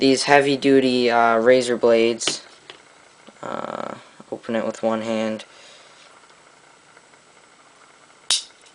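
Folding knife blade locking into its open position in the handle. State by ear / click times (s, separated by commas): seated / 8.3 s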